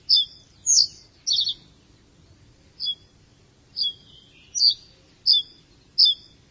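Bird chirps, short high bright notes given singly and in pairs at irregular intervals, with some longer twittering phrases and a low steady background hum.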